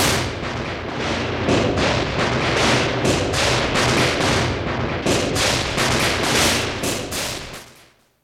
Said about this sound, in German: Rolf, hast du etwa was in der Kachelofen getan? Ja, die ganze Feuerwerkssache.